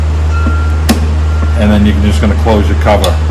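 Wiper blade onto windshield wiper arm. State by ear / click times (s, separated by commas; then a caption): seated / 0.9 s. A replacement windshield wiper blade is slid onto the hook of the wiper arm of a 2001–2011 Ford Ranger, and a sharp click is heard at 0.9 s as it seats in place. Someone talks afterward over a steady low hum.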